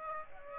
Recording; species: mosquito wingbeat signal from an infrared sensor; Aedes aegypti